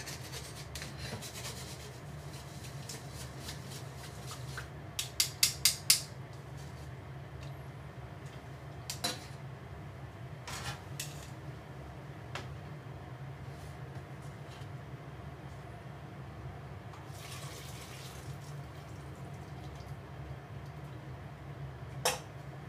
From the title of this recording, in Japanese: 料理の音